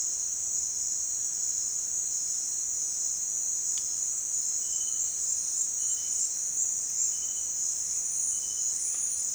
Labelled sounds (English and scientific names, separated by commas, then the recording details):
none
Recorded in dense forest near Puerto Asís, Putumayo, Colombia, on 22 June 2025 at 17:00
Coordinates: 0.468, -76.322
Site GP03